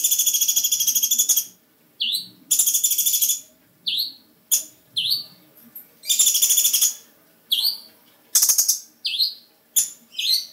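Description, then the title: Bird chirping: long buzzy rattles broken by short hooked chirps, the curved notes recurring every second or so between sustained rasping bursts. Described as a small bird. "Burung Kecil"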